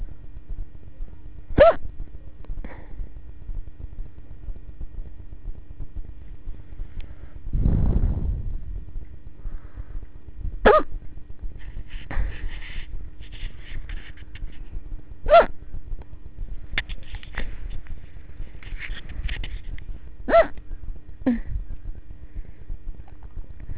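Four sharp, abrupt gulping hiccups from an adult, about every five seconds, with faint breathing and room noise between them.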